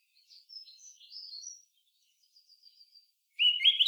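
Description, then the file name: Eurasian blackcap giving soft, high warbling notes, then a fainter thin twitter, ending in a sudden loud burst of lower warbled notes. "Sylvia atricapilla"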